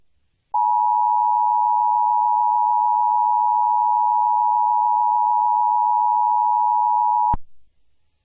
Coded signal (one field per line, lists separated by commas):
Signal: Emergency Alert System (SAME) tones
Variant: 853 and 960 Hz attention tone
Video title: NOAA Weather Radio Anti-Piracy Warning - An EAS Short Film